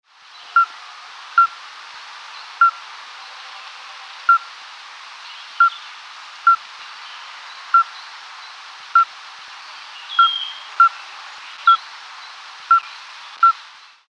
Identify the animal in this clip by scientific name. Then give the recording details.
Alytes obstetricans. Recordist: Tembrock, Günter. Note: Rufe